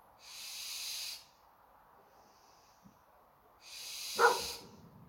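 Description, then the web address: Western barn owl with two breathy screeches about three seconds apart and a soft faint hiss between them. Recorded 21 August 2020 at 23:19. "Som-21-08-2020-23 h 19 de-coruja-das-torres"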